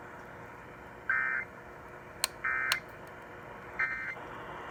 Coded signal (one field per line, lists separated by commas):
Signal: Emergency Alert System (SAME) tones